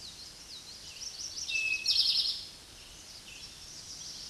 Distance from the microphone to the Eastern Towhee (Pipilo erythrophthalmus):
about 5 m